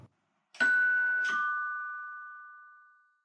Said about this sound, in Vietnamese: Tiếng chuông cửa vang lên, làm Vi tỉnh giấc quá mệt mỏi.